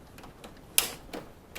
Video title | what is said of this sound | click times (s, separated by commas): Honeywell Air Purifier | those click into place here and | 0.8 s